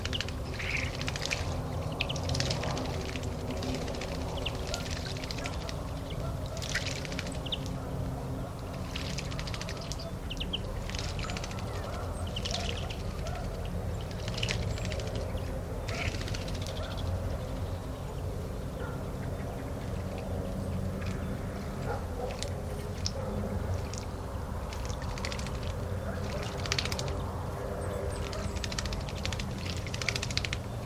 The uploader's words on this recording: Recorded by Luís Antero. Nature sounds from a natural classified area in central Portugal. Birds, wind, tranquility.